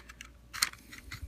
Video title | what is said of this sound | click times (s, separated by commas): Microblaze Creations - MBC002 MILITARY TITANS Upgrade Set | and then should snap into place | 0.6 s